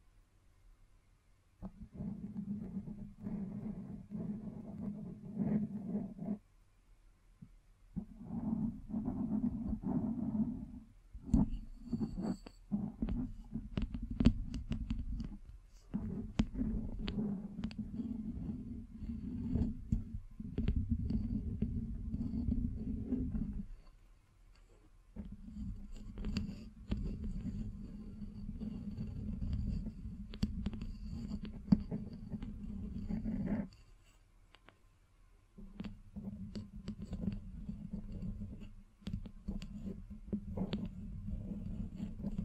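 Scratching and tracing sounds run in long, dense stretches of low, rough rasping, broken by short pauses near 6, 24 and 34 seconds. Sharp taps and clicks cut through now and then, most often between about 11 and 16 seconds.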